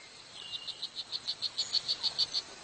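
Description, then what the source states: Strawberry poison dart frog courtship call: a steady run of many short, high chirping pulses, growing louder through the series over faint background hiss. Male calling to attract a mate, making its voice as loud as possible; poisonous like most dart frogs, so it need not hide; lives in the jungle; about 2 cm tall.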